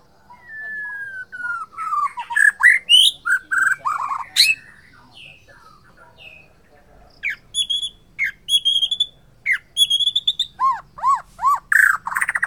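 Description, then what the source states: White-rumped shama song: long varied medley of sliding whistles, harsh notes and sharp chips, later repeated high whistles and a series of falling looped notes. Murai Borneo type from Borneo; bird named Mas Kiki.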